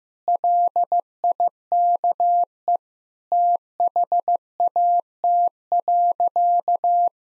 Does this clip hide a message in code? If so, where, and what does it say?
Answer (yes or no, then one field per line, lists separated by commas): yes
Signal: Morse code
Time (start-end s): 0.3-7.1 s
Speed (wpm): 16 wpm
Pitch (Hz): 700 Hz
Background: none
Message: LIKE THAT.